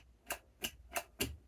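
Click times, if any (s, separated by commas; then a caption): 0.3 s, 0.7 s, 1.0 s, 1.2 s. A filter in an Electrolux/Aerus/Centralux built-in central vacuum power unit is repositioned so it presses down the foam-covered safety switch, which must be pressed or the machine won't turn on. Four short, sharp clicks ring out at 0.3, 0.7, 1.0 and 1.2 seconds over a quiet background. The switch is actuating and the filter is seated.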